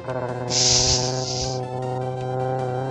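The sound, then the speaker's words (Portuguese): A steady, droning electronic engine buzz from the Activision racing video game Enduro, rich in stacked harmonics, with a brighter hissy burst layered on top for about a second before settling back to the constant hum. “E tinha aquele motor.”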